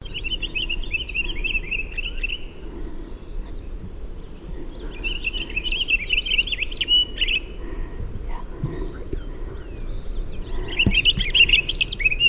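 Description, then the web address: Pine grosbeak making quick chirping, warbling notes in three separate bursts, with a constant low background hum underneath. "Pine Grosbeak Audio --LNSCourse"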